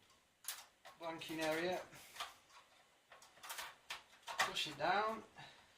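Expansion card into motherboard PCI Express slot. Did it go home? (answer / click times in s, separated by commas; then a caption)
no / none. Someone talks while a low-profile expansion card is handled and pushed down toward the black PCI Express slot on a motherboard, with a few brief handling ticks between the words. Nothing has seated or clicked into the slot yet.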